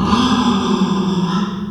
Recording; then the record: squeal of a Yucatan mini pig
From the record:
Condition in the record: after surgery on the right vocal fold (resection and tissue-engineered implant); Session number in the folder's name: 15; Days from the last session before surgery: 175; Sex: female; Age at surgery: 19 weeks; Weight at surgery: 25 kg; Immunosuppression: prednisolone